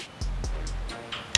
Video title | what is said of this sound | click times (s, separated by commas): Desert Tech WLVRN Bullpup rifle review | I don't know if you can hear that click but | 1.3 s